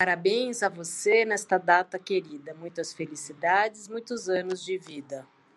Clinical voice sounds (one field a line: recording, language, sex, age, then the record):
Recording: short text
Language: Brazilian Portuguese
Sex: female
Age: 50 to 59 years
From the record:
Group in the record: control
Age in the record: 54 years